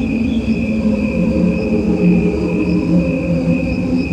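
Crickets trilling in a steady, unbroken high drone that holds level throughout, over a low rumbling background hum.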